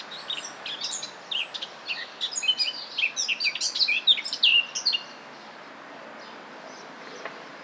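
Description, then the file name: Eurasian blackcap song: a rapid, varied warble of high chattering and whistled notes for about five seconds, then quiet background hiss. "Sylvia atricapilla"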